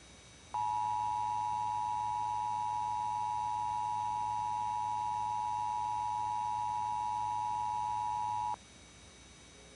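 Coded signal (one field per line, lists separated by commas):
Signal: Emergency Alert System (SAME) tones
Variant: 853 and 960 Hz attention tone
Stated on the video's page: Remake recreation of a hacked Emergency Alert System broadcast.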